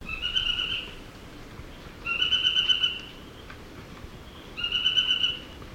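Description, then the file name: Narino tapaculo delivering three short series of rapid pulsed notes, about two to three seconds apart, against steady soft background noise. "Scytalopus vicinior - Narino Tapaculo"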